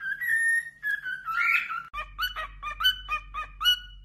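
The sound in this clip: Cockatiel song with a long, smooth whistle first, then a rapid run of short, choppy whistled notes that jump up and down; a low steady hum starts midway.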